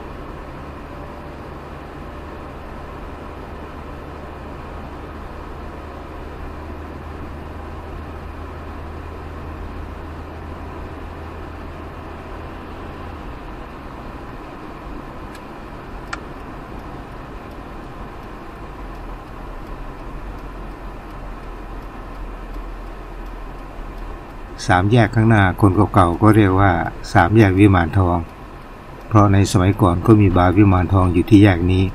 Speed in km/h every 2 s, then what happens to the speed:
34, 34, 35, 36, 37, 38, 40, 39, 39, 38, 35, 31, 24, 18, 16, 10.
0-17 steady at about 37. 17-32 slows to 10.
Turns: none.